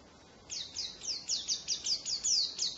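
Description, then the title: White-eye twitter: a fast, regular run of high, sharp downslurred notes over a steady background hiss. Wild-type ('ngalas') white-eye fill-in song used for tutoring songbirds (masteran). "mster Mnuk. Pleci ngalas isian untuk masteran"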